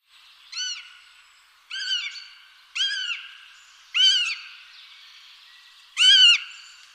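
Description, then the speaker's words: Eurasian Sparrowhawk calls: five squeaky, high-pitched harmonic notes, each short and arched, spaced one to two seconds apart. Another sparrowhawk call heard at this time of year, played after a goshawk for comparison; higher pitched, with a squeakier quality than the goshawk call. "So the sparrowhawk call is higher pitched, definitely has a sort of squeakier quality to it than the goshawk call."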